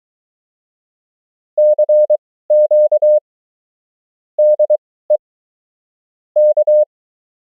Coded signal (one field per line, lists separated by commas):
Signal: Morse code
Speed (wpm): 23 wpm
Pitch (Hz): 600 Hz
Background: none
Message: CQ DE K